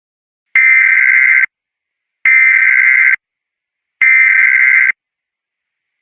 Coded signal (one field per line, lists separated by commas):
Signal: Emergency Alert System (SAME) tones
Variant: header bursts